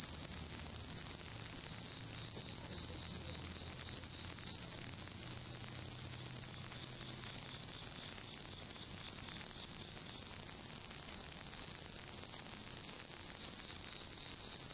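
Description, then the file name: Insect song: a continuous, very high, steady trill that holds one pitch without pause throughout, with a faint low rumble underneath. Night-singing insects, recorded at night on 12 September 2023. "yorunomushi 230912"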